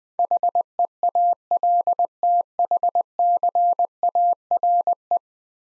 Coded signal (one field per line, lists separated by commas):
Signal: Morse code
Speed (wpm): 20 wpm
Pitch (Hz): 700 Hz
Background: none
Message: HEALTHCARE